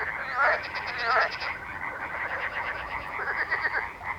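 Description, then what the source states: Frogs croaking densely, a rattling pulsed call prominent early, then a steady overlapping chorus continuing. Frog ambience.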